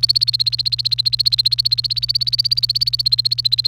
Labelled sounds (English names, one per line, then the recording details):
Domestic Canary song
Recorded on 28 April 2018 at 14:10
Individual llb3